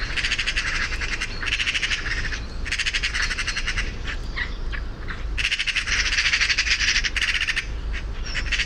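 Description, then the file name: Eurasian magpie chattering loudly in long harsh rattles, several drawn-out bursts nearly back to back, over a low background hum. "Pica pica"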